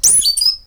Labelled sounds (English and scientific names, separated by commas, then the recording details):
Stitchbird (Notiomystis cincta) song
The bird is a male
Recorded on Tiritiri Matangi Island, New Zealand, in 2005
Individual 19, of nest box 27